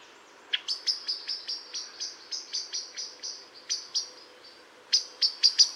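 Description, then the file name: Common blackbird calls: sharp, high chinking notes repeated in an uneven series, with short pauses and a final burst after a longer pause at the end, over a faint background hiss. "Turdus merula"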